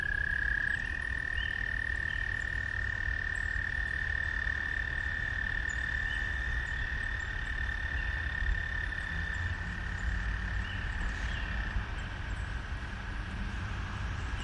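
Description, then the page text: American toad trill, one long steady high musical trill held unbroken throughout over a low rumbling background. Recorded in Maryland. "Maryland Biodiversity. American Toad ( Anaxyrus americanus )"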